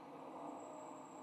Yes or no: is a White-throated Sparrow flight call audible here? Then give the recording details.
no. No flight call is heard. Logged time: 04:14 on 22 November 2014